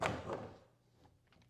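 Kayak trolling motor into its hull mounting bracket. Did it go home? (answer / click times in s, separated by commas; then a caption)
no / none. A trolling motor is lined up and lowered into its hull mounting bracket on an Old Town Autopilot 136 kayak. A loud knock of the plastic housing at about 0.1 s fades into rumbling thuds, with a sharper tap near 1.5 s. Nothing has seated or clicked yet.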